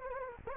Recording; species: mosquito wingbeat signal from an infrared sensor; Anopheles gambiae